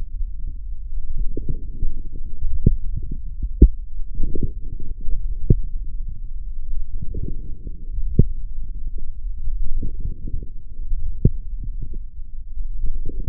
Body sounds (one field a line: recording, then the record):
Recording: forearm muscle sounds (acoustic myography)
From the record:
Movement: forearm pronation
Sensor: system 1, eight BSWA MPA416 microphones around the upper forearm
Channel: 5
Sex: male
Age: 20 years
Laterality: left